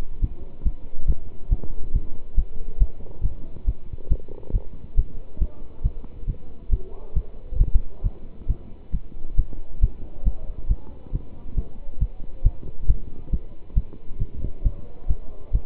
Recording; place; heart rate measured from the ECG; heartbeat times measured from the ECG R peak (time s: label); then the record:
heart sounds by stethoscope; between the tricuspid and mitral areas; 137 bpm
0.21 s: heartbeat
0.63 s: heartbeat
1.06 s: heartbeat
1.50 s: heartbeat
1.93 s: heartbeat
2.35 s: heartbeat
2.79 s: heartbeat
3.22 s: heartbeat
3.65 s: heartbeat
4.09 s: heartbeat
4.53 s: heartbeat
4.96 s: heartbeat
5.39 s: heartbeat
5.83 s: heartbeat
6.26 s: heartbeat
6.70 s: heartbeat
7.14 s: heartbeat
7.58 s: heartbeat
8.03 s: heartbeat
8.47 s: heartbeat
8.91 s: heartbeat
9.36 s: heartbeat
9.81 s: heartbeat
10.24 s: heartbeat
10.68 s: heartbeat
11.12 s: heartbeat
11.55 s: heartbeat
11.99 s: heartbeat
12.43 s: heartbeat
12.87 s: heartbeat
13.30 s: heartbeat
13.74 s: heartbeat
14.19 s: heartbeat
14.63 s: heartbeat
15.07 s: heartbeat
15.52 s: heartbeat
From the record:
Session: pedaling a stationary bicycle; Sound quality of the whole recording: good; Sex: male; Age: 27 years